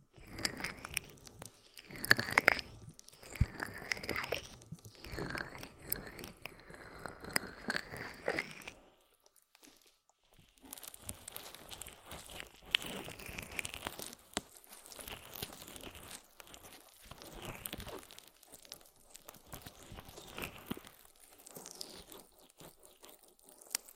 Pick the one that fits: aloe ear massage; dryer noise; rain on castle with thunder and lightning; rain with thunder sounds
aloe ear massage